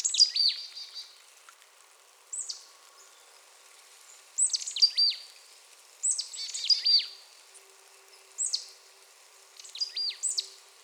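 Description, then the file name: Marsh tit calls, groups of sharp high notes plunging in pitch, delivered in bursts roughly every two seconds, against a quiet background. "Poecile palustris"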